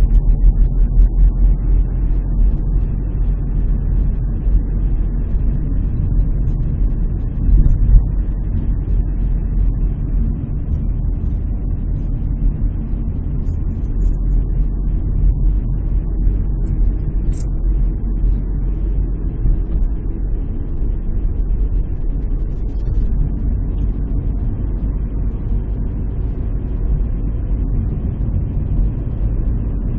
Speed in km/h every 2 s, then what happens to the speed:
34, 34, 34, 34, 33, 32, 33, 34, 34, 35, 36, 38, 40, 42, 42.
0-30 speeds up to 42.